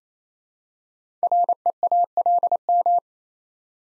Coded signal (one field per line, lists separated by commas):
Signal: Morse code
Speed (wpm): 29 wpm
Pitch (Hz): 700 Hz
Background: none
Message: REALM